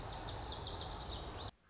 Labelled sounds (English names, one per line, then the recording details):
Lazuli Bunting
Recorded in Sonoma County, California